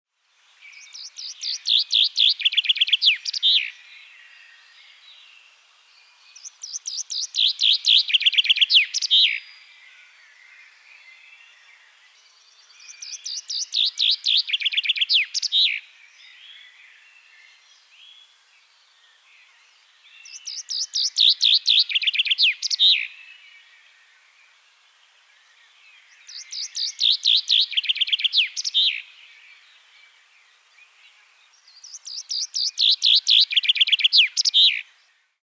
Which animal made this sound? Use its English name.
Common Chaffinch